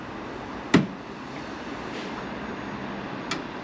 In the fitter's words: Oh, I heard a click then. Yeah, not quite yet.